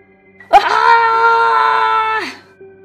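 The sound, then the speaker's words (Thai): A single long, agonized wail from communist insurgent soldiers in a forest rises sharply, holds at a steady, strained pitch for nearly two seconds, then drops away. It is loud and harsh, with no other voices. “เสียงร้องโหยหวนของทหารผกค.ซึ่งอยู่ในป่าด้านหน้าของลุงร้องโหยหวนขึ้นอย่างน่าเสียดสยอง”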